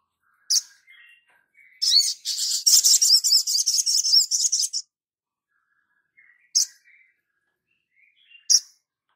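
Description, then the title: Spiderhunter song: a sharp chip, then a loud fast trilling run of high buzzy notes lasting about three seconds, followed by two spaced chips. Labaik song variant. "Sogok Ontong Labaik"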